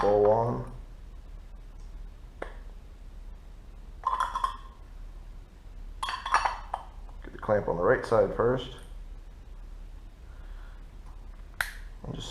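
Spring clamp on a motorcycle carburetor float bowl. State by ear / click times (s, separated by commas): seated / 11.6 s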